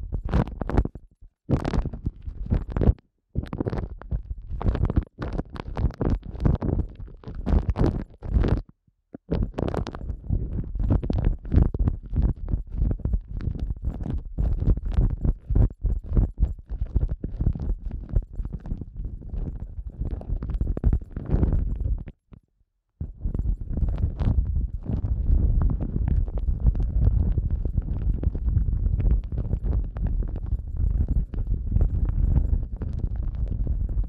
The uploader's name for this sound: ASMR Sensitive Eardrum Massage